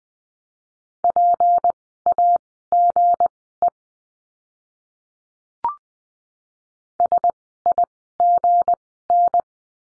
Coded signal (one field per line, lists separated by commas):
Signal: Morse code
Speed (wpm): 20 wpm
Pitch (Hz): 700 Hz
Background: none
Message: PAGE SIGN